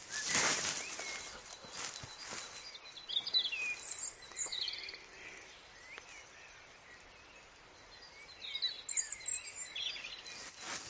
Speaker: Now in this bush behind me, we've got a robin in full song.